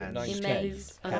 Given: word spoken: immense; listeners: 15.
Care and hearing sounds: one English word in noise, from a listening test; four-talker babble; -2.9 dB; 0 of 15; 9 of 15; 0.80 s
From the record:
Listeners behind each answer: 9, 2, 1, 1, 1, 1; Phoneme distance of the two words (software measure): 37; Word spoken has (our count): 2 syllables, 5 phonemes, stress on syllable 2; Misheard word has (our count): 2 syllables, 4 phonemes, stress on syllable 2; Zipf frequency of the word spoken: 3.95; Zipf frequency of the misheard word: 3.22

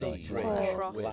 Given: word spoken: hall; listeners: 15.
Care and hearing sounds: one English word in noise, from a listening test; four-talker babble; 0.6 dB; 1 of 15; 7 of 15; 0.73 s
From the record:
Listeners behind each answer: 7, 3, 1, 1, 1, 1, 1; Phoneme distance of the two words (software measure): 27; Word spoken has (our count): 1 syllable, 3 phonemes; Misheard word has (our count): 1 syllable, 2 phonemes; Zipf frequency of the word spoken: 4.83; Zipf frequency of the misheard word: 5.05

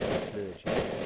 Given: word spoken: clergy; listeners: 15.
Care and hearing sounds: one English word in noise, from a listening test; noise modulated by three-talker babble; -7.6 dB; 2 of 15; 8 of 15; 0.66 s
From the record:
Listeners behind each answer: 8, 2, 1, 1, 1, 1, 1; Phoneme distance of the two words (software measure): 34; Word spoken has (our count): 2 syllables, 5 phonemes, stress on syllable 1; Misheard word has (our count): 2 syllables, 5 phonemes, stress on syllable 1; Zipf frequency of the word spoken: 3.36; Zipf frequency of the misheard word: 4.08

